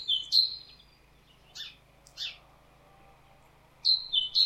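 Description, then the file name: Great tit giving a falling two-note phrase, a pause with a couple of rough buzzy notes, then two more bright falling phrases at the end. "Parus major"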